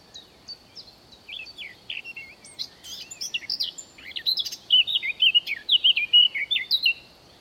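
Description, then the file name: Eurasian blackcap song, starting with soft scratchy notes, growing busier, then ending in a bright, loud run of clear whistled warbling. "Sylvia atricapilla"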